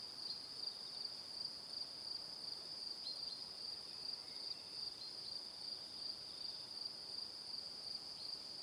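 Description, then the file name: Cricket chirping as a constant high rapid trill throughout, over a soft steady background hiss. Evening. "Calm - Evening Crickets"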